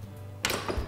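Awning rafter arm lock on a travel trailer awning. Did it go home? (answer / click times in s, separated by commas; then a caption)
yes / 0.4 s. A spring-loaded awning rafter arm on a travel trailer awning is grabbed from the outside and leaned back on until its lock clicks into the full extended position. After a low steady hum, a sharp click is heard at 0.5 s, followed by fainter rattling. The arm is now locked in place and solid.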